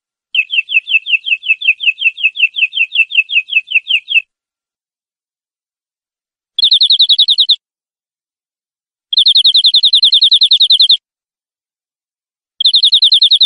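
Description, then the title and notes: Canary song in bursts: a long, steady trill of repeated sliding notes, then three shorter, denser trills separated by silences. Clean and without background sound. Canary masteran song, a training song played to cage birds to make them sing more intensely. "PANCINGAN SUARA MASTERAN KENARI BIKIN BURUNG MAKIN MENGGILA. masteran kicau kenari"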